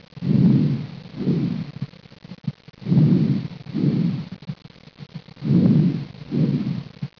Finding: Normal lung sounds.